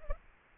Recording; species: mosquito wingbeat signal from an infrared sensor; Anopheles arabiensis